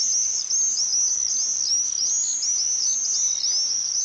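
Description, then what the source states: Common swift screeches, shrill buzzy screams overlapping almost without pause for four seconds, several birds calling together. Described as the sound of summer, screeching over houses even in cities.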